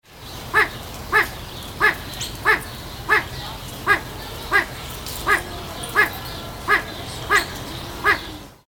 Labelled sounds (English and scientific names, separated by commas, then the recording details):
Satyr Tragopan (Tragopan satyra)
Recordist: Tembrock, Günter
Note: Rufreihe